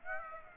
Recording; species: mosquito wingbeat signal from an infrared sensor; Aedes aegypti